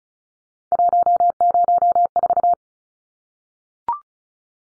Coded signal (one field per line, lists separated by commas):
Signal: Morse code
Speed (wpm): 34 wpm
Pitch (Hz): 700 Hz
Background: none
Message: 104